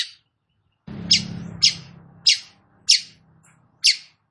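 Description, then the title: Long-tailed shrike repeating a sharp, rasping note about every half second to second, over a low droning background hum. Described as gacor, singing actively. "Cendet Gacor"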